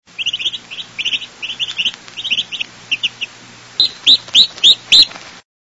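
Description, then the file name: Sparrow chirps: short, bright double and triple notes repeated rapidly, then a brief pause followed by five louder, sharper chirps at a steady beat. "Gonjeshk"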